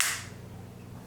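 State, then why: Seated. A plastic back cover is pressed around its edge with a thumb onto a Samsung Galaxy Note 4 smartphone body, so the retaining tabs snap into the frame. A sharp, bright click at 0.0 s fades over about a quarter second into a low, steady hum. The tab seats.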